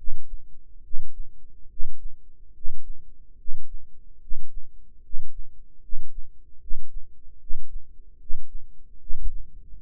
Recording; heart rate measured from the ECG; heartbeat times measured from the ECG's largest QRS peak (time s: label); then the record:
heart sounds by microphone in the right ear; 73 bpm
0.82 s: heartbeat
1.68 s: heartbeat
2.52 s: heartbeat
3.36 s: heartbeat
4.19 s: heartbeat
5.01 s: heartbeat
5.80 s: heartbeat
6.59 s: heartbeat
7.38 s: heartbeat
8.17 s: heartbeat
8.98 s: heartbeat
9.80 s: heartbeat
From the record:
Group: healthy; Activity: rest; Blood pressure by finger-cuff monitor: 96/61 mmHg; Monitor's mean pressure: 72 mmHg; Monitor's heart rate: 72 bpm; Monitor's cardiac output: 6.9 L/min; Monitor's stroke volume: 97 mL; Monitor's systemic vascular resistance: 750 dyn s/cm5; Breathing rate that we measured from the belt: 20 breaths a minute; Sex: male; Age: 35 years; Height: 180 cm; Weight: 86.9 kg